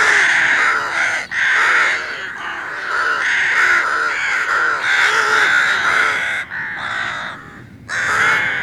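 Rook raspy cawing, a steady stream of overlapping harsh calls with a few short breaks.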